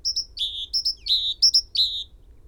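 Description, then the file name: Great tit song: a run of high phrases, sharp upper notes dropping to a longer lower note, repeated a few times. "Parus major"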